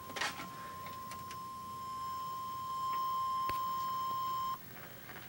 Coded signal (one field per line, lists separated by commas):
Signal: Emergency Alert System (SAME) tones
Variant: 1050 Hz attention tone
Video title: Flood Warning on TV (EAS#9)